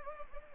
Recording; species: mosquito wingbeat signal from an infrared sensor; Anopheles gambiae